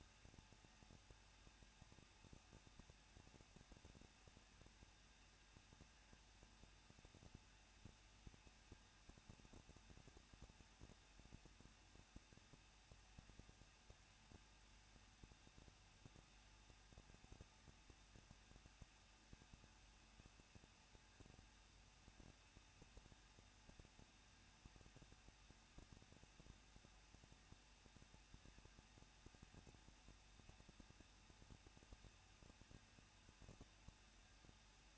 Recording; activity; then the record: daily activity, microphone in the room; no activity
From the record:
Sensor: 2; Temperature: 21.0 degrees Celsius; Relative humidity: 37.3%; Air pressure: 1006.4 hPa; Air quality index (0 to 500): 220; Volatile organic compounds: 23 ppm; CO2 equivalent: 2783 ppm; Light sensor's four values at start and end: 2/3/2/2 and 2/3/2/2